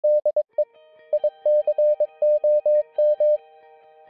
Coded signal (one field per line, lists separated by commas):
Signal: Morse code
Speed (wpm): 22 wpm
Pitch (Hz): 600 Hz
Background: music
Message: DE ICOM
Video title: Introducing the IC-T10 Handheld Amateur Radio